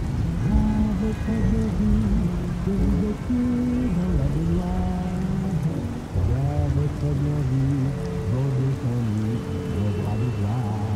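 Oldies music plays in another room, heard as a muffled low melody that glides and steps between notes, like a singing voice, throughout. Beneath it runs a steady, dense rushing wash of traffic noise, level and unbroken for the whole clip.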